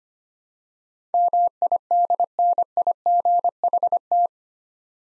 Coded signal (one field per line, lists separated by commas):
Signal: Morse code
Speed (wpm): 25 wpm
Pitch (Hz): 700 Hz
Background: none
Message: MIDNIGHT